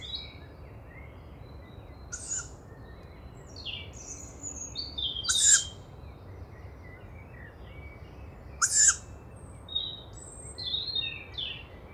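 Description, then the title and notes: Young tawny owl giving sharp, breathy hisses among a lively dawn chorus of chirping and whistling songbirds. Young owl perched overhead at a former nesting site in Bois de Vincennes; 29 May 2019, 5:15; characteristic hissing breath of young; recorded live with a MixPre-3 and two MKH40 microphones. "29 mai 2019-5h15-Bois de Vincennes. ce souffle caractéristique des jeunes Chouettes hulottes (Strix aluco)"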